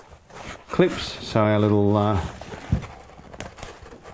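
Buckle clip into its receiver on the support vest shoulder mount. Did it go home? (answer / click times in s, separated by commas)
yes / 3.4 s, 3.6 s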